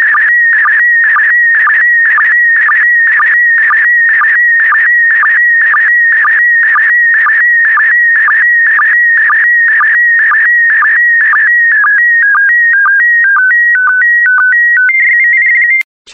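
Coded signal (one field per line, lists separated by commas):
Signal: SSTV (slow-scan television)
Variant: PD120 mode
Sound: warbling tone shifting between a few pitches, with a short low blip every half-second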